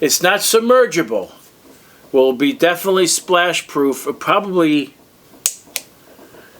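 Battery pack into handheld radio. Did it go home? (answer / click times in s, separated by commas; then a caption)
yes / 5.5 s, 5.8 s. Someone talks, then a battery pack with a rubber gasket is snapped onto a handheld radio. Two sharp clicks sound at 5.5 s and 5.8 s as the pack seats firmly in place.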